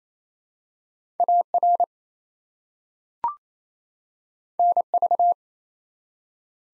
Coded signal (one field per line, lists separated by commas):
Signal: Morse code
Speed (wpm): 28 wpm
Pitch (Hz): 700 Hz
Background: none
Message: AR NV